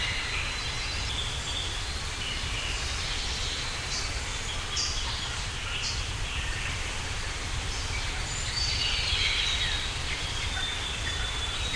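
Tropical birds call faintly and intermittently over a steady outdoor hiss and low rumble, with brief bright chirps and a longer trill near the end.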